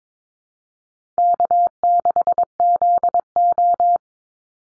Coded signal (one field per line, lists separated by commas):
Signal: Morse code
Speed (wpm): 22 wpm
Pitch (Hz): 700 Hz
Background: none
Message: K6ZO